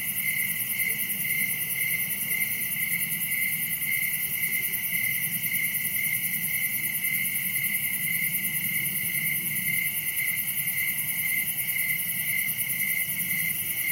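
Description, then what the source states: Crickets chirping in a steady, continuous chorus of high pulsed trills, with several layered insect tones and a faint low rumble beneath. Recorded at night in summer in a wooded area, Dell Creek State Wildlife Area; crickets are the main sound.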